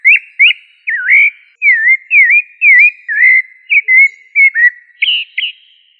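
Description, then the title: Thrush song, a series of clear whistled phrases, each a short slurred rise or fall, delivered steadily one after another with brief gaps. "Familia Turdidae - Sabia"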